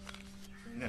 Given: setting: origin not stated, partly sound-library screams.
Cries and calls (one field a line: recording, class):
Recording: one-second piece from a danger detection set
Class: normal situation